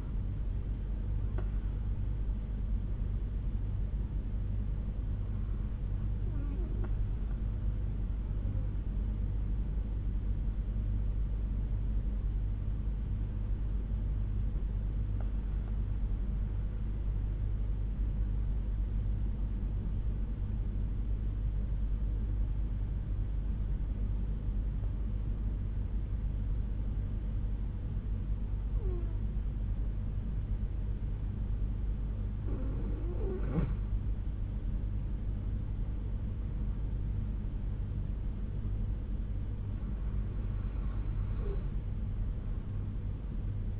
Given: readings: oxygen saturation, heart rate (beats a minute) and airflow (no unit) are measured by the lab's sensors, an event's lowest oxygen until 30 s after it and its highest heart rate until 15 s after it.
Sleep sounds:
breathing in sleep by a smartphone at the bedside; 1
13.00-34.50 s: hypopnea (N1, oxygen 96% highest, then 89% lowest, heart rate 57 at the start, 71 highest)
14.00-43.80 s: new sleep stage, N2 (light sleep)
From the record:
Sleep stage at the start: N1 (lightest sleep); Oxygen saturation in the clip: 87 to 96%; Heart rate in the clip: 57 to 73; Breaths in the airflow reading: 8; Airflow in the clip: -6.9 to 5.9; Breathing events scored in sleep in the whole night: 368 in 8.0 hours asleep

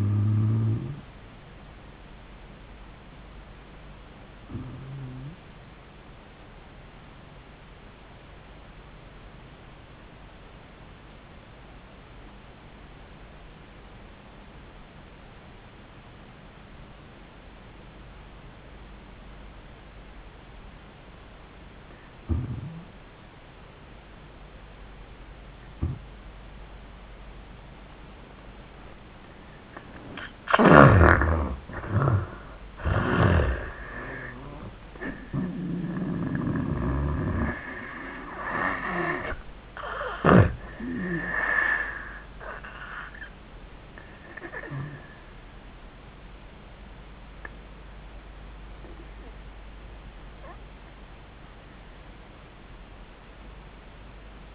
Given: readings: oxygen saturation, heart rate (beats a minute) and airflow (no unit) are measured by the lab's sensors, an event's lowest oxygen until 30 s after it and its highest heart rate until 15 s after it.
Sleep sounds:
breathing in sleep by a voice recorder at the bedside; 1
4.00-30.80 s: obstructive apnea (N2, oxygen 96% highest, then 79% lowest, heart rate 85 at the start, 100 highest)
29.00-54.54 s: new sleep stage, N1 (lightest sleep)
From the record:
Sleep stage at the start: N2 (light sleep); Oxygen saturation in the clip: 76 to 96%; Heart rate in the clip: 73 to 100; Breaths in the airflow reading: 5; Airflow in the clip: -14.0 to 14.4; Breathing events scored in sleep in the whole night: 400 in 8.7 hours asleep

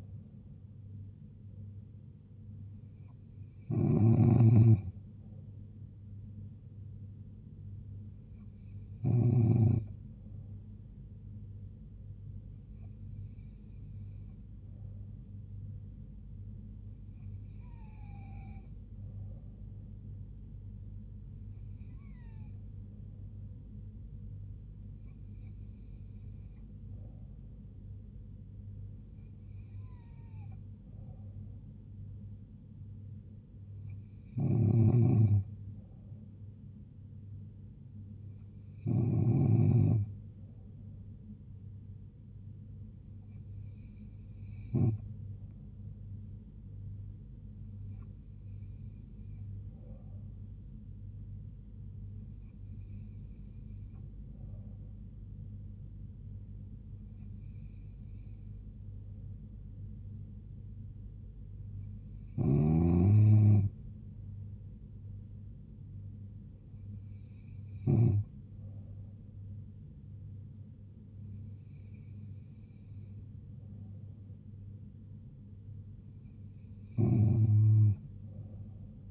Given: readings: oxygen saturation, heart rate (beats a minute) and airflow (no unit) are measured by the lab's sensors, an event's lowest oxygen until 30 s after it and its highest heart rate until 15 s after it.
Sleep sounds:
breathing in sleep by a smartphone at the bedside; none
15.00-79.11 s: new sleep stage, N3 (deep sleep)
From the record:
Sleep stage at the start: N2 (light sleep); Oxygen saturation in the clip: 94%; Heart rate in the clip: 71 to 76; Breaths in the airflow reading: 17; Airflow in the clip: -2.9 to 2.2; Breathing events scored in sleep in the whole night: 158 in 7.3 hours asleep

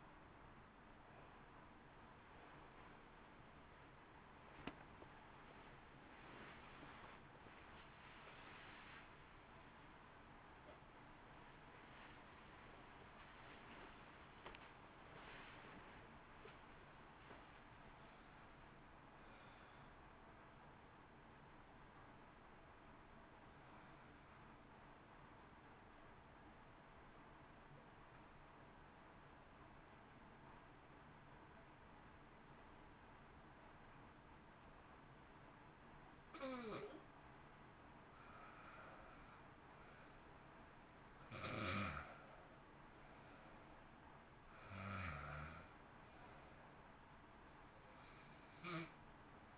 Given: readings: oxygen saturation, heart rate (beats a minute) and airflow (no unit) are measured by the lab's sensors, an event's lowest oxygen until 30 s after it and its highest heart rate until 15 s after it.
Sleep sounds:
breathing in sleep by a voice recorder at the bedside; 1
0.00-17.00 s: awake
17.00-47.00 s: new sleep stage, N1 (lightest sleep)
27.00-44.10 s: hypopnea (N1, oxygen 96% highest, then 84% lowest, heart rate 67 at the start, 67 highest)
47.00-49.58 s: new sleep stage, N2 (light sleep)
From the record:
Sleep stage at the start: awake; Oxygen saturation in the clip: 88 to 96%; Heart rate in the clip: 53 to 75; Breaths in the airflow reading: 20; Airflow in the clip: -1.6 to 2.8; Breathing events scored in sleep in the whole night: 328 in 6.3 hours asleep

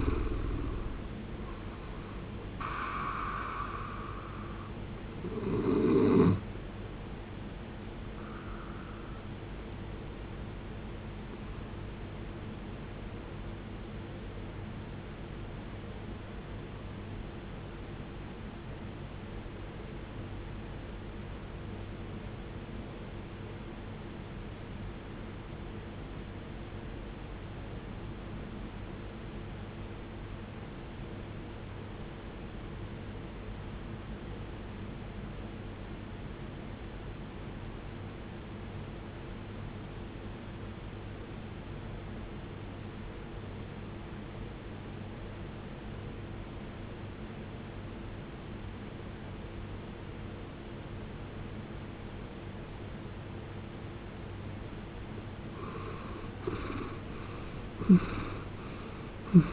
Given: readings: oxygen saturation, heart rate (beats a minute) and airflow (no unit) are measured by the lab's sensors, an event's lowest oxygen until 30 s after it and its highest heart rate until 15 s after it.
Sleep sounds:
breathing in sleep by a voice recorder at the bedside; 1
17.00-55.30 s: obstructive apnea (N2, oxygen 94% highest, then 76% lowest, heart rate 55 at the start, 95 highest)
38.00-59.53 s: new sleep stage, N3 (deep sleep)
From the record:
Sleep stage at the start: N2 (light sleep); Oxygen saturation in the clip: 78 to 94%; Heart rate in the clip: 45 to 80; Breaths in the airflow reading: 5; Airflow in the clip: -22.0 to 21.2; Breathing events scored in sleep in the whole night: 389 in 6.3 hours asleep

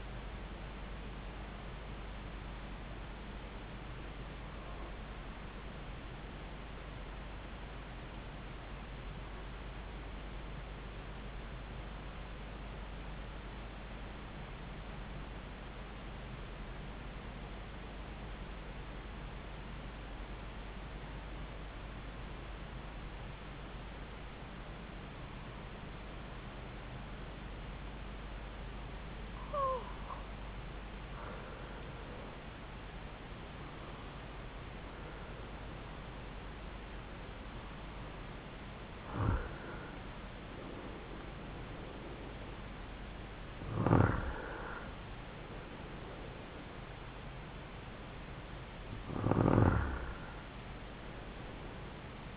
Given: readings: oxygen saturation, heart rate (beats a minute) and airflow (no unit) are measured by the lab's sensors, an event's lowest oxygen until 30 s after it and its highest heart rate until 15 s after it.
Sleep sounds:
breathing in sleep by a voice recorder at the bedside; 1
10.00-32.10 s: hypopnea (REM, oxygen 95% highest, then 85% lowest)
From the record:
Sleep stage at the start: REM sleep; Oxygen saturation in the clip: 85 to 95%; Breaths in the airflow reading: 9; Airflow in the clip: -7.2 to 6.5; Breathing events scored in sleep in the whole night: 270 in 6.1 hours asleep

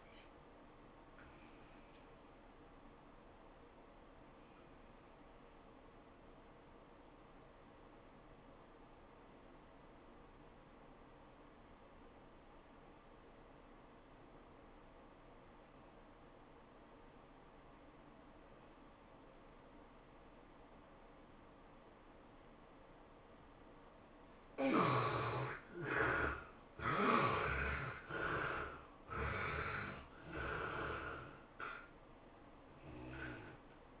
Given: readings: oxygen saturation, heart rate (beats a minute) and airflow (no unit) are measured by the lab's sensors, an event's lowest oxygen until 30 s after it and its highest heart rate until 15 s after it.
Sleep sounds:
breathing in sleep by a voice recorder at the bedside; 1
3.00-24.80 s: obstructive apnea (N1, oxygen 95% highest, then 73% lowest, heart rate 105 at the start, 106 highest)
29.00-34.00 s: new sleep stage, N2 (light sleep)
From the record:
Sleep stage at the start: N1 (lightest sleep); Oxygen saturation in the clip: 69 to 95%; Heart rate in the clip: 81 to 107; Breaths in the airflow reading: 5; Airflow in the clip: -14.4 to 15.3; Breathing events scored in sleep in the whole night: 403 in 5.5 hours asleep

